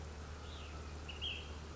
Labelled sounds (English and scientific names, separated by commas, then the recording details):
Ash-throated Flycatcher (Myiarchus cinerascens)
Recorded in Sonoma County, California